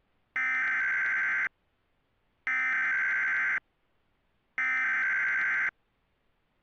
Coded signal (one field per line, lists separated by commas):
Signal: Emergency Alert System (SAME) tones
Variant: header bursts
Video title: EAS Re-creation | Infamous 4/27/2011.